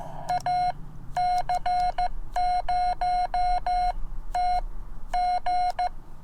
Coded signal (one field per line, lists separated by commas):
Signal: Morse code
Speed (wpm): 14 wpm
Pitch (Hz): 720 Hz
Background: none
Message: AC0TG